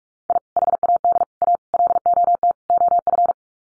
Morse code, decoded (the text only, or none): I HAD A LOT OF